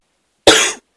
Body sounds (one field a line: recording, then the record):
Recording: coughing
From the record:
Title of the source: 55 gaggy wet cough